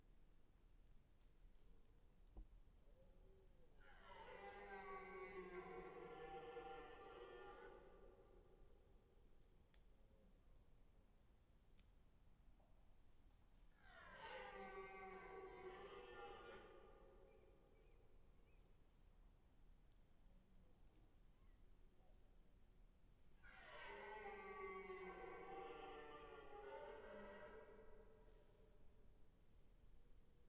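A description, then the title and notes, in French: A red deer stag bellows three times, each roar lasting about three to four seconds and coming roughly every ten seconds, at about 4, 14 and 24 seconds. The calls are deep, strained and raspy. Between them only a quiet, steady outdoor hush remains. Brame du cerf 2009 Foret de Tronçais.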